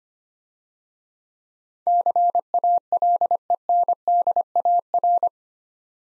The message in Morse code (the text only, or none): CALENDAR